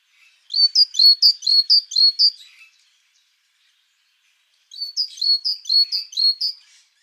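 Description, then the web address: Great tit song: two bouts of bright, rhythmic two-note phrases repeated several times each, separated by a silent pause of about two seconds. "Voegel kohlmeise"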